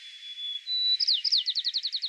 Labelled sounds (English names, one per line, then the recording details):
White-crowned Sparrow song
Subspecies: nuttalli
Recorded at Battery East, California, in 2013
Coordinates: 37.807, -122.471
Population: north
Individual beE_13